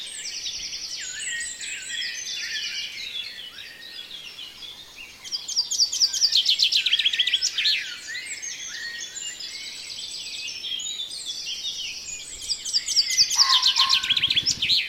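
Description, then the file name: Birds in a dawn chorus, many overlapping high twittering and trilled songs, with louder bursts of rapid chattering phrases around six and thirteen seconds. "Reveil des oiseaux La Sonotheque"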